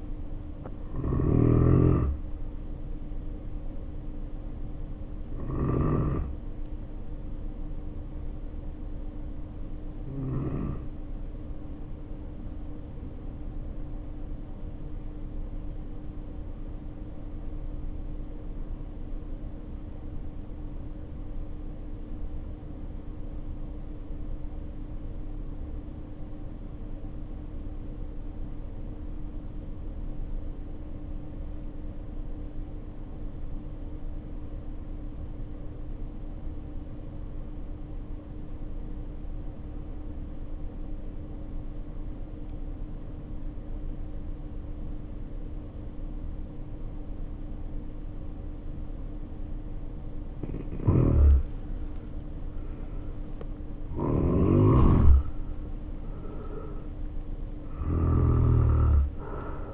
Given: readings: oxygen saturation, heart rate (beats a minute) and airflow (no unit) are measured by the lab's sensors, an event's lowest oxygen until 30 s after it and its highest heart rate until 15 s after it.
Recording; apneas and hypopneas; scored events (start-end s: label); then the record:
breathing in sleep by a smartphone at the bedside; 1
6.00-52.70 s: hypopnea (N2, oxygen 94% highest, then 70% lowest, heart rate 50 at the start, 72 highest)
17.00-47.00 s: new sleep stage, REM sleep
47.00-59.74 s: new sleep stage, N1 (lightest sleep)
From the record:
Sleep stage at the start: N2 (light sleep); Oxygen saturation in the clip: 80 to 94%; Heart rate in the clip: 50 to 72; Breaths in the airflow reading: 20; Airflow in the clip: -2.0 to 1.7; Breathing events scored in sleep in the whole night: 520 in 7.2 hours asleep